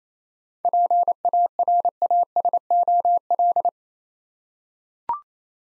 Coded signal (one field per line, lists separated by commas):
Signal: Morse code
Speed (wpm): 28 wpm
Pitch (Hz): 700 Hz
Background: none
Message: PARASOL